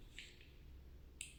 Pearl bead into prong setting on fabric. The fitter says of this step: Lock ஆகிடும்.